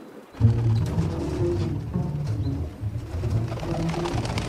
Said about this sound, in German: Und dummerweise wirft der Kerl die Fritten zwischen meine Füße, sodass die Tauben im Streit Flügel schlagen um mich herumtoben. Sie gegenseitig behaken.